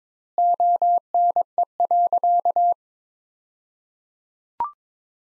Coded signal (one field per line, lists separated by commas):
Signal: Morse code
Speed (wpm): 22 wpm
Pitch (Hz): 700 Hz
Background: none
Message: ONE.